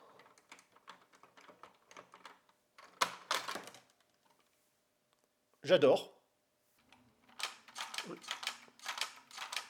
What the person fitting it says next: Ça se verrouille pas